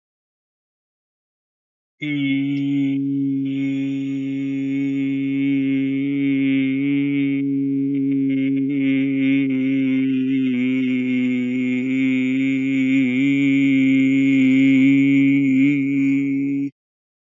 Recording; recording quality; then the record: sustained vowel as in beet; excellent, no background noise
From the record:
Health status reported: healthy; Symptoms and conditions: none ticked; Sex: male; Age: 26 years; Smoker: not ticked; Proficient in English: yes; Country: India